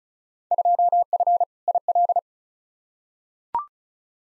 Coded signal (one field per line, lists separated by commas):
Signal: Morse code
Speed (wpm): 34 wpm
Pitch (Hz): 700 Hz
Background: none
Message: 2F IL